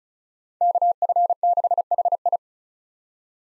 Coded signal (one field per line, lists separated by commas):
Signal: Morse code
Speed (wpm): 36 wpm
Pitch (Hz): 700 Hz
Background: none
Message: KF6HI